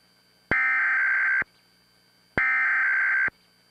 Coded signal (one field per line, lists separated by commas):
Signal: Emergency Alert System (SAME) tones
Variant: header bursts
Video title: EAS Test June 2006